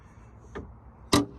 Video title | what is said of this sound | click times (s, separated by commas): 2023 Chevrolet Silverado 1500 Dashboard | and that unlocks it. | 1.1 s